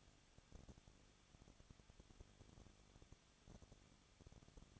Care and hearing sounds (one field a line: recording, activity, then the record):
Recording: daily activity, microphone in the room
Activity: no activity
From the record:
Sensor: 4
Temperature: 23.0 degrees Celsius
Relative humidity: 34.6%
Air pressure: 1007.2 hPa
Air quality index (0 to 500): 216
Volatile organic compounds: 15 ppm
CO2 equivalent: 2500 ppm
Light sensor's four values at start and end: 2/3/1/1 and 2/3/1/1